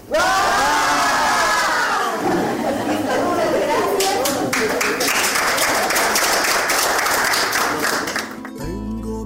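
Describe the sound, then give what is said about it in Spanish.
A group of young people shouts together in a loud, sustained cry of overlapping voices after a countdown of three, as each places a small cream-made piece on an elderly woman, then breaks into excited chatter and scattered clapping before cutting off abruptly. “Damos un grito, cada joven toma uno de esos y se lo pone a una abuelita, ¿listo?”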